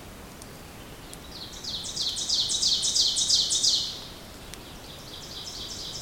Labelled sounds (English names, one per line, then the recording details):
Ovenbird song
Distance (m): 25 m
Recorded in boreal forest in Alberta, Canada, on 2 June 2016 at 08:52
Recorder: SongMeter 3, array SBT-3-7
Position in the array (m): -15 m, 73 m
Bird 7